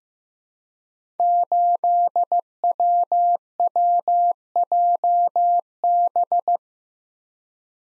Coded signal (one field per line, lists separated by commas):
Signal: Morse code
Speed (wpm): 15 wpm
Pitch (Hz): 700 Hz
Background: none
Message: 8WWJB